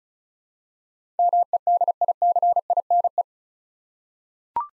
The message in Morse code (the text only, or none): MEDICINE